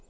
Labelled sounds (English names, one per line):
Townsend's Warbler flight call